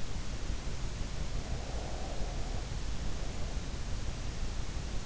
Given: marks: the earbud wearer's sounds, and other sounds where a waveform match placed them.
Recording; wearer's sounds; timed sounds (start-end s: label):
sounds in sleep by an in-ear microphone; breath
1.03-4.02 s: breath